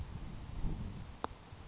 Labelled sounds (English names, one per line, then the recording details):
Grasshopper Sparrow
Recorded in Sonoma County, California